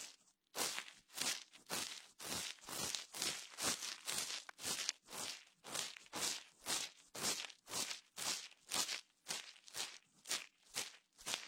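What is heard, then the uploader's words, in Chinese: Bright scratching strokes from a wooden ear pick, cotton swab and fingertips rubbing, repeating in a steady rhythm about twice a second. Each stroke swells and fades with a crisp, airy rasp, over a quiet, still background. 清理你的耳朵(双耳同时) 木质耳勺、棉签、指尖摩擦。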